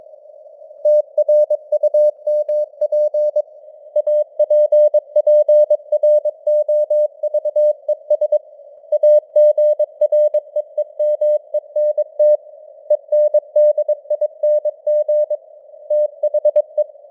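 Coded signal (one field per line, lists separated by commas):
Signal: Morse code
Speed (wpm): 22 wpm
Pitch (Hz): 600 Hz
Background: none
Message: TRUMP APPROVES AGREEMENT ENDING THE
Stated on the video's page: Morse news headlines at 22 wpm with simulated radio noise and varying signal strength (QSB).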